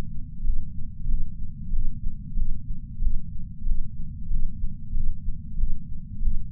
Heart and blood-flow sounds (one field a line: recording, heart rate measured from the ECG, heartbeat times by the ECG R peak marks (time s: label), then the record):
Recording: heart sounds by patch sensor on the chest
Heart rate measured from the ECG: 93 bpm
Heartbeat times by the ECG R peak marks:
0.45 s: heartbeat
1.09 s: heartbeat
1.73 s: heartbeat
2.37 s: heartbeat
3.02 s: heartbeat
3.66 s: heartbeat
4.31 s: heartbeat
4.95 s: heartbeat
5.58 s: heartbeat
6.23 s: heartbeat
From the record:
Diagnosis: coronary artery disease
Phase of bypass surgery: preoperative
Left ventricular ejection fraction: 64.4%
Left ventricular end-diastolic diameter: 43 mm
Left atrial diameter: 35 mm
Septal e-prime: 6.9 cm/s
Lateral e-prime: 11.4 cm/s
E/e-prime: 9.7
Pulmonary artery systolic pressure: 22 mmHg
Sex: female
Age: 58 years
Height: 155 cm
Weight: 55 kg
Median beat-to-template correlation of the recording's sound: 0.95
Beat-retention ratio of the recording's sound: 0.99